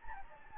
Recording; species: mosquito wingbeat signal from an infrared sensor; Anopheles gambiae